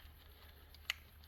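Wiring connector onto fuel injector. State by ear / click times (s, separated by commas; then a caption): seated / 0.9 s. A plastic wiring connector is pushed onto a fuel injector on a Focus ST. It latches with one sharp, bright click at 0.9 s over a low steady hum, and the connector is seated.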